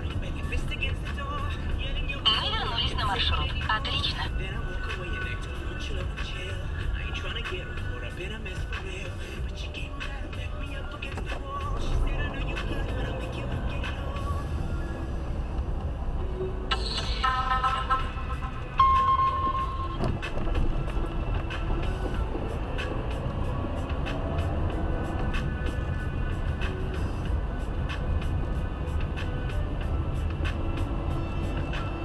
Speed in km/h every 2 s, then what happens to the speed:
23, 23, 15, 17, 13, 15, 17, 24, 21, 16, 17, 19, 25, 30, 27, 27.
0-9 slows to 13. 9-14 speeds up to 24. 14-21 steady at about 17. 21-25 speeds up to 30. 25-32 steady at about 27.